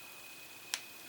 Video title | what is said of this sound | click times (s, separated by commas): Build the Goldfinger Aston Martin DB5 Issue 20 Stage 77 - Car Front Body (Nose Clip) | should just snap right in there you go that looks good there | 0.7 s